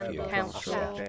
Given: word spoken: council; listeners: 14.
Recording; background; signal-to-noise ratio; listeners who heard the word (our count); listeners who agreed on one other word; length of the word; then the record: one English word in noise, from a listening test; four-talker babble; -1.6 dB; 1 of 14; 8 of 14; 0.69 s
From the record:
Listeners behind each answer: 8, 1, 1, 1, 1, 1, 1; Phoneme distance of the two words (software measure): 17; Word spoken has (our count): 2 syllables, 5 phonemes, stress on syllable 1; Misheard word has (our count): 1 syllable, 4 phonemes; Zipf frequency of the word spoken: 5.14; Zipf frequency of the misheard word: 3.19